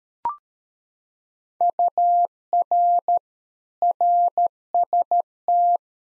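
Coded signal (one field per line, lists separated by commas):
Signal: Morse code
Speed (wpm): 13 wpm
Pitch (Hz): 700 Hz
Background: none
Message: UR RST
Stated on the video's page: One-sided practice QSO at 13 wpm for head-copy: each segment sent in Morse, spoken, then sent again.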